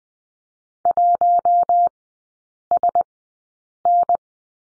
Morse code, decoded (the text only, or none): 1SN